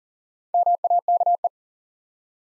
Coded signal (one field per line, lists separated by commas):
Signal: Morse code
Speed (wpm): 40 wpm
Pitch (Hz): 700 Hz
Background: none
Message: MAKE